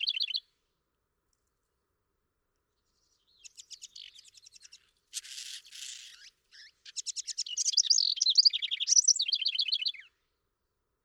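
House wren song: bubbly, rapid trills and chattering notes in bursts, with a brief noisy burst midway and pauses between phrases.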